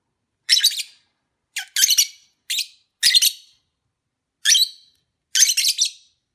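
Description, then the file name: Lovebird chirping, harsh high trilled calls repeated in bursts about once a second, some doubled. Mating ritual sounds of lovebirds. "suara ritual kawin lovebird omkicau"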